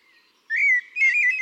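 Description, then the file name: Eurasian blackbird song fragment, a mellow fluty whistle followed by a second whistled note with a scratchy edge. "Turdus merula"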